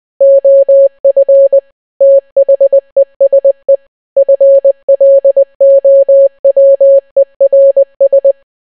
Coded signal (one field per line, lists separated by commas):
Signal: Morse code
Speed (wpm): 20 wpm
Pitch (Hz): 550 Hz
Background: none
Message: OF THESE FLOWERS